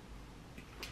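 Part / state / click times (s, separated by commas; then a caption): plastic wiring connector into its mating connector on an ATV harness / seated / 0.8 s. A plastic multi-pin wiring connector on a short piece of cable is pushed into its mating connector on an ATV (quad) harness while the wiring is being redone. Over a steady low background, one short click sounds at 0.8 s as the connector seats.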